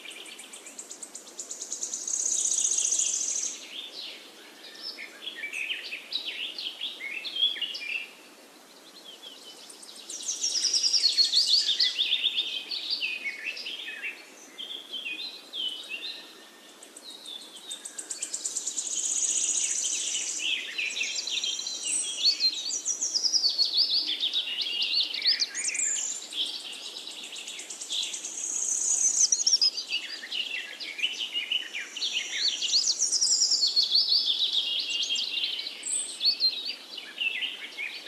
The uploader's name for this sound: Soothing Forest Birds Singing